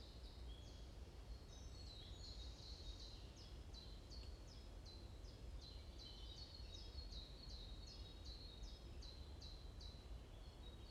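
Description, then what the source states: Birdsong of brisk, evenly spaced high chirps in a long even series through most, over steady low-pitched noise. Morning birds chirping in a forest in Bosvoorde, Watermaal-Bosvoorde, Brussels, Belgium; described as peaceful ('rust'); recorded with an AMBE VR microphone.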